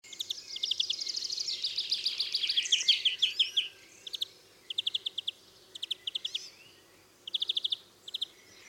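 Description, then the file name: European greenfinch delivering a long rolling twitter of fast notes, then several short clipped bursts of trilled notes with brief pauses between. "Chloris chloris"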